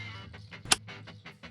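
On a 2023–2025 Kia Sportage, the glove box damper arm on the right side is pushed into its mount on the glove box until it is fully home. A single sharp plastic snap at 0.7 s stands out over faint background music and softer handling noises. The damper is seated.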